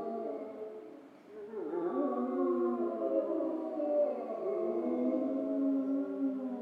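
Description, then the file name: Grey wolf: grey wolves howl together after a brief quieter start, many wavering drawn-out tones blending into a dense, steady chorus. Several wolves recorded in Schorfheide on 29 October 2015. "Wölfe und Kolkrabe Schorfheide 151029"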